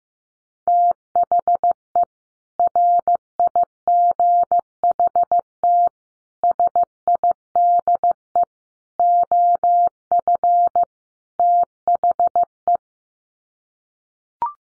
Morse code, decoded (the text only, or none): THE RIGHT SIDE OF THE